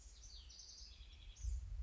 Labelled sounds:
House Wren
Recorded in Sonoma County, California

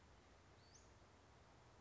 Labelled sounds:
Western Flycatcher
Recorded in Sonoma County, California

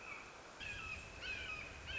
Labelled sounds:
Red-shouldered Hawk
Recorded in Sonoma County, California

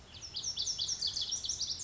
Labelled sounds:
Lazuli Bunting
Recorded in Sonoma County, California

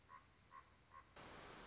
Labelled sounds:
Common Raven
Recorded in Sonoma County, California

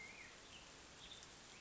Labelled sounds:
Black-headed Grosbeak
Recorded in Sonoma County, California

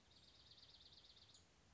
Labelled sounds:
Dark-eyed Junco
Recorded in Sonoma County, California

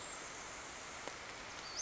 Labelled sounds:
Western Flycatcher
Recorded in Sonoma County, California

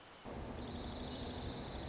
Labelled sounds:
Dark-eyed Junco
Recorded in Sonoma County, California

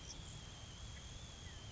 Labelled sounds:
Grasshopper Sparrow
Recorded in Sonoma County, California

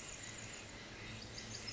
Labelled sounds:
Pacific Wren
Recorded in Sonoma County, California

